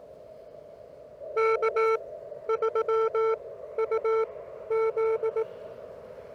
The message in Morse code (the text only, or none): K3UZ